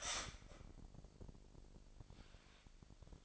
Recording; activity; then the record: daily activity, microphone in the room; start toaster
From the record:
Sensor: 5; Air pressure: 1007.3 hPa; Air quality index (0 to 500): 121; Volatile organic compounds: 1 ppm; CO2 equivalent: 927 ppm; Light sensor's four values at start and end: 27/62/26/26 and 27/62/26/26